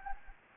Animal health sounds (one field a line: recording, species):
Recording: mosquito wingbeat signal from an infrared sensor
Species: Anopheles gambiae